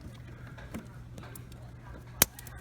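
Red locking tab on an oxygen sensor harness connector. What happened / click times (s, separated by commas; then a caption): The connector lock tab snapped down into place / 2.2 s. The red plastic locking tab on the new oxygen sensor's plastic wiring connector, slid curved side to curved side onto the harness connector of a 2002-2007 Dodge Caravan, is pushed down to lock it. Over a low steady hum and a few faint ticks, one sharp click sounds at 2.2 s. The connector is seated and locked in place.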